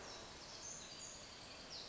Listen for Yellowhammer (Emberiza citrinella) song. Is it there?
no